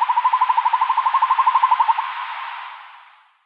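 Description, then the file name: Northern hawk-owl giving a rapid bubbling trill of even notes, lasting about two seconds, then fading. "Hokuggla"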